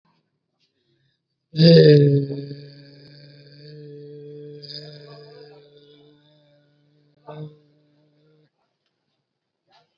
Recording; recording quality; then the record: sustained vowel as in made; excellent, no background noise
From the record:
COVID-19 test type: RT-PCR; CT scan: not taken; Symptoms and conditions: cough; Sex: male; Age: 40 years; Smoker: yes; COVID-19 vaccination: none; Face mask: worn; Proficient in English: yes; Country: India